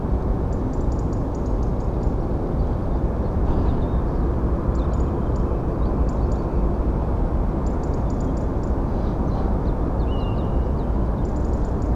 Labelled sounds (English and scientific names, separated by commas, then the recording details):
European Robin (Erithacus rubecula), Common Chiffchaff (Phylloscopus collybita), European Golden Plover (Pluvialis apricaria)
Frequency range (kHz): European Robin (Erithacus rubecula) 4.1-8.9 kHz; Common Chiffchaff (Phylloscopus collybita) 3.4-6.7 kHz; European Golden Plover (Pluvialis apricaria) 2.6-5.9 kHz
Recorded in France